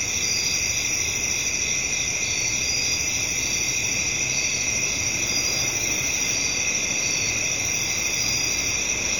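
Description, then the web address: Cricket trills, shrill and stacked into a continuous buzzing chorus, steady from start to end, with low traffic rumble behind. Residential area at night, crickets with traffic in the background. "Residential Night Time Crickets,traffic In Bg, Ambience. Sound Ideas Series 2000"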